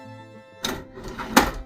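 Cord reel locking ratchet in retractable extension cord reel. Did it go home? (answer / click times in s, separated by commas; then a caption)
yes / 0.7 s, 1.4 s. A Utilitech 30 ft 16/3 SJT retractable extension cord is pulled out of its ceiling-mounted reel, and the reel's locking ratchet catches to hold the cord extended. Over a faint steady tonal background, a sharp click sounds at 0.7 s, followed by rustling, then a louder, heavier click at 1.4 s. The reel locks in place.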